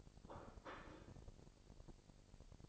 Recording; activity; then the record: daily activity, microphone in the room; place plate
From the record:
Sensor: 5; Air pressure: 1007.6 hPa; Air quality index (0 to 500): 92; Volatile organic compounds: 1 ppm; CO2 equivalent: 723 ppm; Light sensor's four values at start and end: 33/77/31/32 and 33/77/31/31